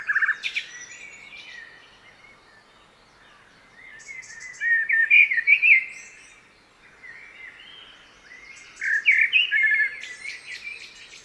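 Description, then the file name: Common blackbird singing three rich warbling phrases with pauses between them, each closing in thin high squeaky notes, against a light hiss. "Turdus merula"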